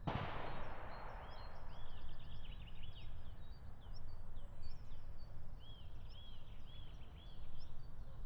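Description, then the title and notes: European green woodpecker laughing call, two runs of arched notes following a gunshot, amid small-bird chirps and a low rumbling background. Meadow right beside a shooting range in Siemianowice Śląskie, Poland, Saturday 23 March 2019; regular gunshots, woodpecker unbothered; recorded with Zoom H5 and Audio-Technica BP4025 microphone. "aleja Spacerowa. Siemianowice Śląskie, Polska - Łąka przy strzelnicy. sobota 23 marca 2019. Dzięcioł zielony (Picus viridis)"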